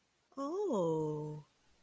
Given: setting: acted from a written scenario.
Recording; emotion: vocal sound without words; adoration